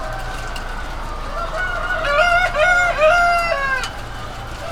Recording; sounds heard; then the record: poultry house recording; healthy chickens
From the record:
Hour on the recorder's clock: 20